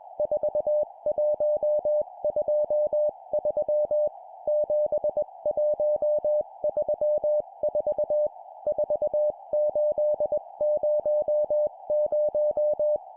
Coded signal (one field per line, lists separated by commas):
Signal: Morse code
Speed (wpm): 21 wpm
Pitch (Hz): 600 Hz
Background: music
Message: 4123 7134 4800